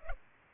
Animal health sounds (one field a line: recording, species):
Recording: mosquito wingbeat signal from an infrared sensor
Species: Culex pipiens